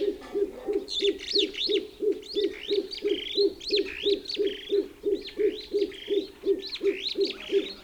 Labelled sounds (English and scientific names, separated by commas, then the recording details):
Superb Starling (Lamprotornis superbus) flight call
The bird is a male
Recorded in Kenya on 4 July 2008 at 16:43
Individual 48, of group MRC1